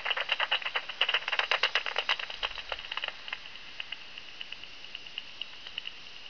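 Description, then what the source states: Bat echolocation calls heard as rapid dry ticks, bunching into a dense rattling burst early on, then thinning to scattered, evenly spaced clicks over a faint steady hiss. Recorded 27 August 2002.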